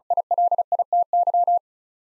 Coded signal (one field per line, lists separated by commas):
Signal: Morse code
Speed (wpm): 36 wpm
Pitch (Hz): 700 Hz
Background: none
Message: ILITY